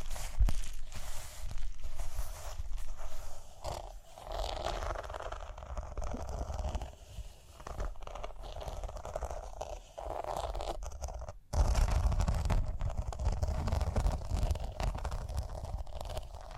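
Rhinestones are tapped, scratched and brushed in a dense, continuous texture of small clicks and rasping strokes that swell and ease every second or two. A brief near-silence falls around eleven seconds, then the scratching returns rougher, with a low rumbling underneath.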